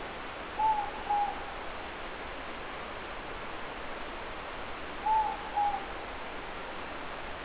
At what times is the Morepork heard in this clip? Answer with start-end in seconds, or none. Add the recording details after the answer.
0.48-1.60, 4.95-5.94. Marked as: faintness 3/5. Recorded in New Zealand. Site Eglinton